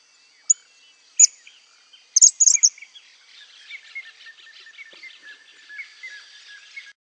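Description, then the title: Cattle tyrant giving several loud, sharp high chips, followed by a softer, rapid series of thin squeaky notes. "LuckyPassaro Completos2Sama. Cattle Tyrant (Machetornis rixosa)"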